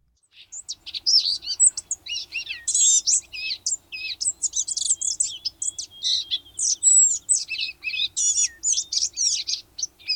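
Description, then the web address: Blue-gray gnatcatcher song: a long run of high, scratchy, warbled chips and whistles without pause, with wheezy nasal notes mixed in. Western North America. "Know Your Bird Sounds Common Western Species. Blue-gray Gnatcatcher"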